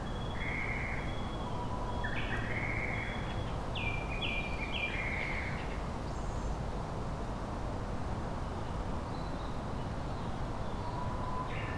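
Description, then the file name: Tit singing a run of short, bright stepped notes in the first half, then mostly quiet against a constant low background hum. Recorded on 3 May 2025. "kotori tit 20250503"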